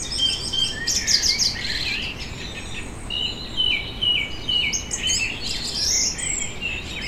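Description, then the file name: Birds sing bright, fast chirping phrases and repeated whistled notes in overlapping bursts, with a faint low traffic hum throughout. Birds in a vineyard in Germany on a summer evening, with distant traffic in the background. "tom chapman nature vineyard ambience summer evening birds distant traffic germany"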